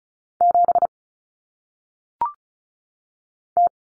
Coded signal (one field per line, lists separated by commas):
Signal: Morse code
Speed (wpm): 36 wpm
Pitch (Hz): 700 Hz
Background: none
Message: 7 T